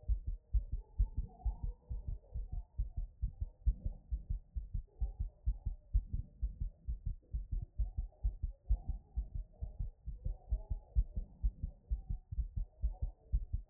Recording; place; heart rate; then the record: heart sounds by stethoscope; Erb's point; 127 bpm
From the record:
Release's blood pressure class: hypertension stage 1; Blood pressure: 143/81 mmHg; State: after exercise